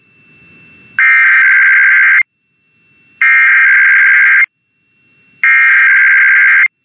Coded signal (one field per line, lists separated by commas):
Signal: Emergency Alert System (SAME) tones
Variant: header bursts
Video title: Monday IPAWS Tests (EAS #648-654) 8/26/24